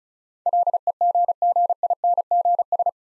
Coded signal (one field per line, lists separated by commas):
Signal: Morse code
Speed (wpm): 36 wpm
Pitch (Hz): 700 Hz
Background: none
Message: LEGGINGS